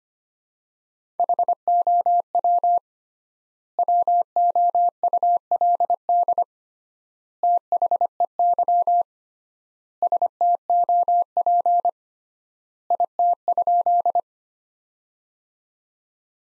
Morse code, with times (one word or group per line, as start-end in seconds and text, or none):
1.2-2.8 HOW
3.8-6.4 WOULD
7.4-9.0 THEY
10.0-11.9 STOP
12.9-14.2 IT?